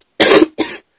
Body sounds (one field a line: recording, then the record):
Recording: coughing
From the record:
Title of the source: 55 gaggy wet cough